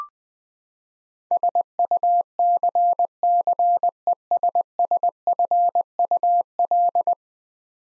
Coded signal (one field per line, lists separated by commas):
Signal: Morse code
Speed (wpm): 21 wpm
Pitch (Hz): 700 Hz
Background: none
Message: SUCCESSFUL